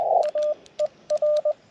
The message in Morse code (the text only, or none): AER